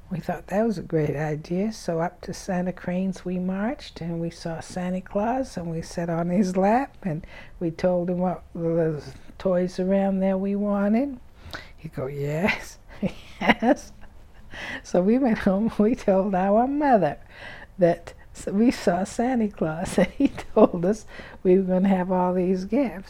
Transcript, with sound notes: We thought that was a great idea, so up to Center Kranes we marched and we saw Santa Claus, and we sat on his lap and we told him what toys around there we wanted. He'd go, "Yes, yes." ( she laughs ) So we went home and we told our mother that we saw Santa Claus and he told us we were going to have all these gifts.